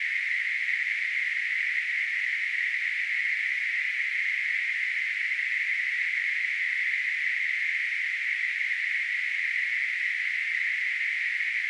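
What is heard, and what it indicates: A simulated tinnitus sound: a steady, hissing band of noise centred around 2 kHz that holds the same loudness from start to finish.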